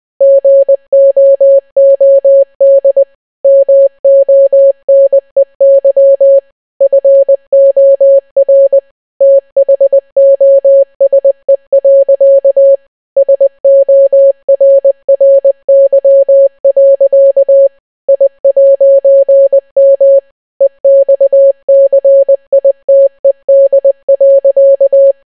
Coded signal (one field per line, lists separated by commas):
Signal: Morse code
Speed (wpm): 20 wpm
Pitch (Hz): 550 Hz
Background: none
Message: GOOD MONEY FOR THOSE. SORRY. I'M EXCITED.